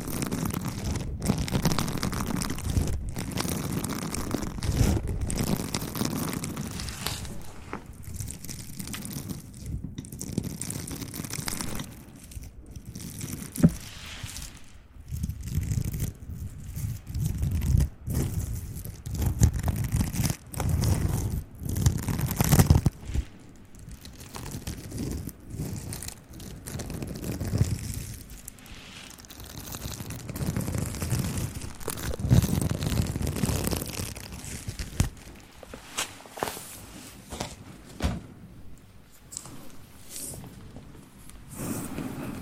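ASMR mouth sounds and mic handling: wet clicks and smacks over a soft, rumbling low murmur of pumping and swirling on the microphone. Short taps and gripping noises punctuate it irregularly throughout, with brief quiet gaps near 14 and 35 seconds.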